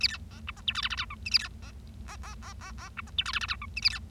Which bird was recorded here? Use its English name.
Bengalese Finch